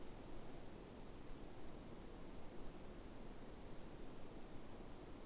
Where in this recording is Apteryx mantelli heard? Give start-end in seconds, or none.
none